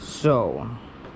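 The plastic spray wand of a Craftsman battery sprayer, its hose unraveled, is being handled toward its holder clip on the sprayer while someone talks briefly. Nothing has seated or clicked yet; the wand is not yet home in the clip.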